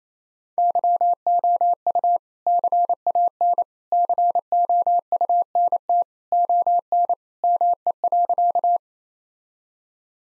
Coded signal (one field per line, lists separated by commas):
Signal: Morse code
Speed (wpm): 28 wpm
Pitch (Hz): 700 Hz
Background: none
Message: YOU CAN COUNT ON ME.